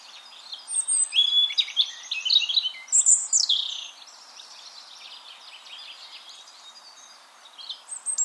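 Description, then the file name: European robin singing a rapid tumble of high, sweet, trilling notes, then a quiet gap before another phrase begins at the end. "Erithacus rubecula"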